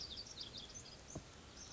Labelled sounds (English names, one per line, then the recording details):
Pacific Wren
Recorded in Sonoma County, California